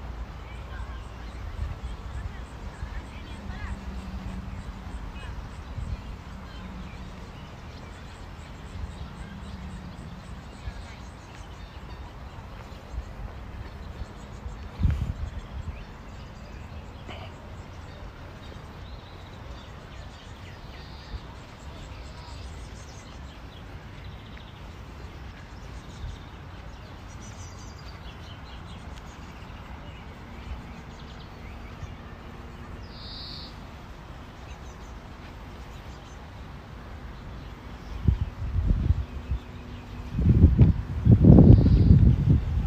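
A city park in Modiin, Israel, with a low steady hum, a sharp thump near fifteen seconds, faint chirps, and louder rumbling near the end.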